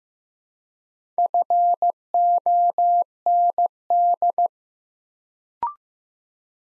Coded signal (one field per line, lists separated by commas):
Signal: Morse code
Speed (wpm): 15 wpm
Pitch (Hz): 700 Hz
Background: none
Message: FOND